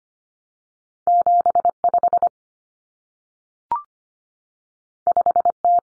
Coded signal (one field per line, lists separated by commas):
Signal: Morse code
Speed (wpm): 25 wpm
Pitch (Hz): 700 Hz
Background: none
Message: 75 5T